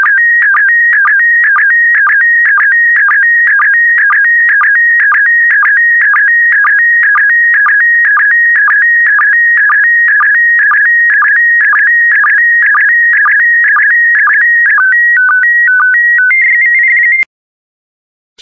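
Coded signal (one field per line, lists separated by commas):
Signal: SSTV (slow-scan television)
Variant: PD120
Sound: warbling tone with regular short low blips about twice a second, then steady stepped tones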